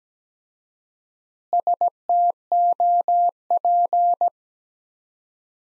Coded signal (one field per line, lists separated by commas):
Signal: Morse code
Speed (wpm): 17 wpm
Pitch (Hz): 700 Hz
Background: none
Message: STOP